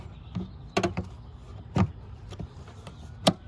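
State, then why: Seated. The plastic cowl drain panel on a 2014 Mustang is lined up with its holes at the base of the windshield, and its top edge is pressed down by hand into the car body. Sharp plastic clicks ring out at 0.8 s and 3.3 s as the clips engage, with softer knocks and taps in between. The panel clips snap in and it is seated.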